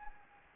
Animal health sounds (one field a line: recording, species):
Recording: mosquito wingbeat signal from an infrared sensor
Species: Anopheles arabiensis